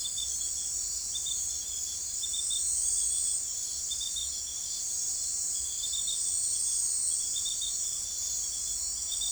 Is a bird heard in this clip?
no